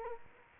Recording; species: mosquito wingbeat signal from an infrared sensor; Culex quinquefasciatus